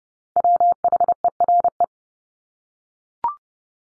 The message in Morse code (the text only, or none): WHERE